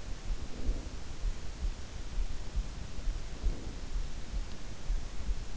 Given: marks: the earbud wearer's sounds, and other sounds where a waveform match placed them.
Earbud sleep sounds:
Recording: sounds in sleep by an in-ear microphone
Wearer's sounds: breath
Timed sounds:
0.03-1.32 s: breath
2.66-3.99 s: breath

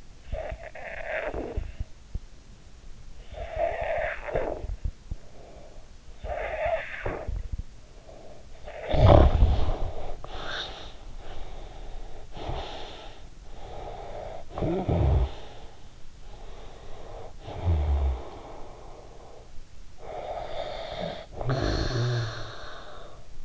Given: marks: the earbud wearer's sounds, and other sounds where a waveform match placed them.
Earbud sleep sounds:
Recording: sounds in sleep by an in-ear microphone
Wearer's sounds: snoring breath, breath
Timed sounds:
0.00-2.14 s: snoring breath
2.95-5.78 s: snoring breath
5.91-11.08 s: snoring breath
11.08-13.48 s: breath
13.48-23.45 s: snoring breath

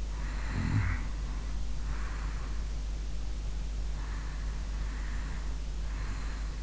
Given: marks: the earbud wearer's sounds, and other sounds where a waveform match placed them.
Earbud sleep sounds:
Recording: sounds in sleep by an in-ear microphone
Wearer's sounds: snoring breath, breath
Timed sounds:
0.08-2.70 s: snoring breath
3.89-6.63 s: breath

